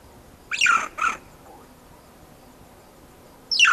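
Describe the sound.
Banded mongoose calls: two quick, shrill, descending squeaks close together, a pause, then another squeak starting at the very end.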